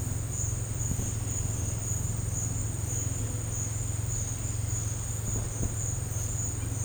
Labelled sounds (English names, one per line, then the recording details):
none
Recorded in dense forest near Puerto Asís, Putumayo, Colombia, on 26 December 2024 at 11:00
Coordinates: 0.468, -76.322
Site G071